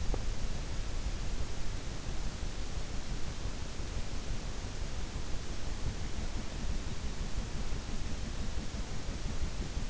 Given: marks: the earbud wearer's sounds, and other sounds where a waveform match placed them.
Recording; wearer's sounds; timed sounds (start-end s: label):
sounds in sleep by an in-ear microphone; teeth grinding
0.00-0.28 s: teeth grinding